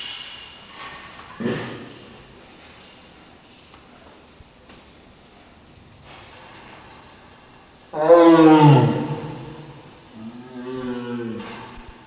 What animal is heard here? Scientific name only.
Panthera leo